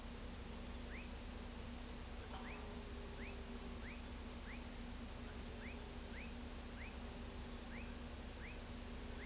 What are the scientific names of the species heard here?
none